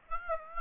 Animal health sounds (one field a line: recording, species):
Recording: mosquito wingbeat signal from an infrared sensor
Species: Aedes aegypti